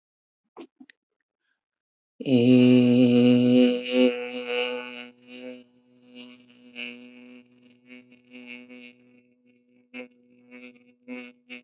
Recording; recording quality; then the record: sustained vowel as in made; excellent, no background noise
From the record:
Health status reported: healthy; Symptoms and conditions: none ticked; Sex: male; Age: 21 years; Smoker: not ticked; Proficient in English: yes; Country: India